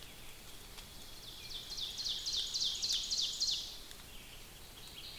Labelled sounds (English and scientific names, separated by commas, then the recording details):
Ovenbird (Seiurus aurocapilla) song
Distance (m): 60 m
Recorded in boreal forest in Alberta, Canada, on 5 June 2016 at 06:22
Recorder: SongMeter 3, array SBT-3-51
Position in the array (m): 244 m, 133 m
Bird 28